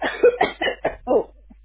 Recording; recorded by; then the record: voluntary cough; telephone call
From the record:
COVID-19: negative